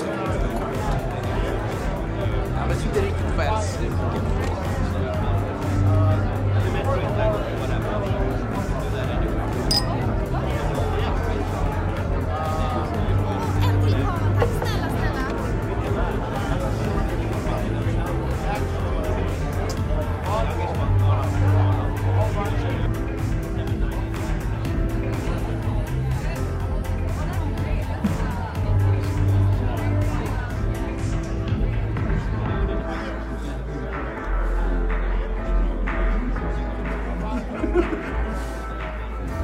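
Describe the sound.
Murmuring bar sounds: a steady, dense babble of many voices talking at once, with occasional clinks and sharper clicks. A low thumping bass line repeats underneath throughout. Near the end, the brighter chatter thins and the room sounds a little quieter.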